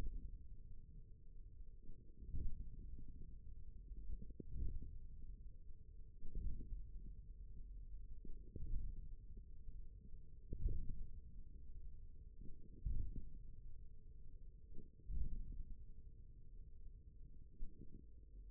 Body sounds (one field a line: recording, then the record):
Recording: forearm muscle sounds (acoustic myography)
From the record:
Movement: radial deviation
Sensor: system 1, eight BSWA MPA416 microphones around the upper forearm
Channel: 4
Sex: male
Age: 41 years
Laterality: right